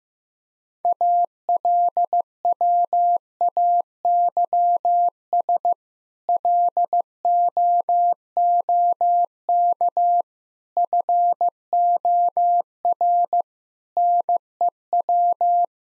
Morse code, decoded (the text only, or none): ALWAYS LOOK FOR NEW